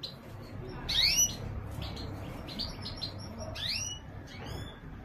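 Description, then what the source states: Domestic canary giving a few sharp, rising chirps, two brighter than the rest, over a steady low hum. Female.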